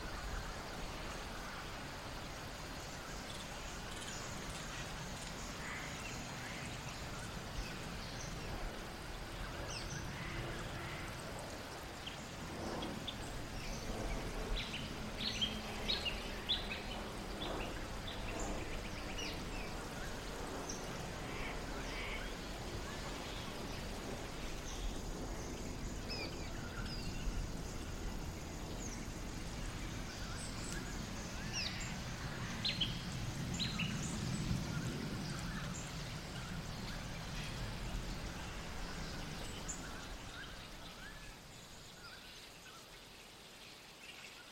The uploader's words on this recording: Twilight is descending and a colony of Grey-Headed Flying Foxes chatter happily.